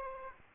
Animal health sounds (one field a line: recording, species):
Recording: mosquito wingbeat signal from an infrared sensor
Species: Aedes aegypti